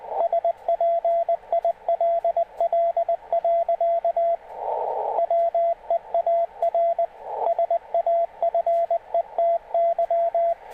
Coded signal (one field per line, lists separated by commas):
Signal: Morse code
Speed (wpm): 19 wpm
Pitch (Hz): 680 Hz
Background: radio noise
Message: SPILL. WEAR SAFETY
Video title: CW Passband Experiment